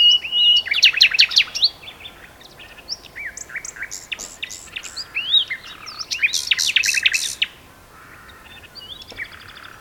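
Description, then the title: Common nightingale song: rich phrases of rapid repeated notes, sharp chirps and rattling trills, with pauses between bursts. Two nightingales singing in a duet on Westleton Heath. "sanderson. nightingale duet on westleton heath"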